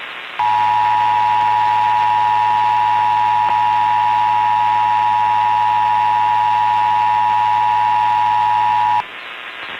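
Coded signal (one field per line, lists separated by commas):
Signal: Emergency Alert System (SAME) tones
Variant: 853 and 960 Hz attention tone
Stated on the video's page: National Periodic Test received on AM/FM radio.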